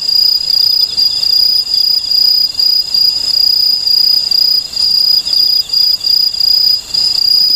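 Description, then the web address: Aomatsumushi tree cricket singing a bright, sustained high-pitched trill broken into short phrases by brief pauses. "sikioto insect aomatsumushi"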